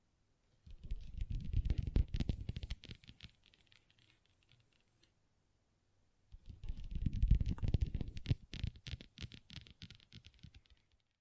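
Long nails tap and scratch on a table in two bursts, one from about 0.7 to 5 seconds and another from about 6.2 to 11 seconds, with a silent gap between. Each burst is a dense flurry of quick clicks and scrapes with a soft low thump underneath.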